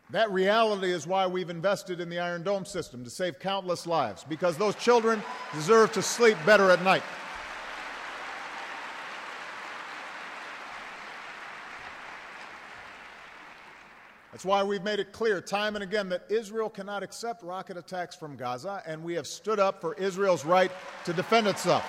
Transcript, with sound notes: That reality is why we’ve invested in the Iron Dome system to save countless lives -- because those children deserve to sleep better at night. (Applause.) That’s why we’ve made it clear, time and again, that Israel cannot accept rocket attacks from Gaza, and we have stood up for Israel’s right to defend itself.